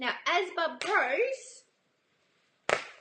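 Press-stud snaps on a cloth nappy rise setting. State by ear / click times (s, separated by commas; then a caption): released / 2.7 s. Someone talks, then after a pause the press-stud rise snaps on a one-size cloth pocket nappy are undone to move it from the newborn setting to a larger size. A sharp pop is heard at 2.7 s as the studs come open, leaving the snaps released.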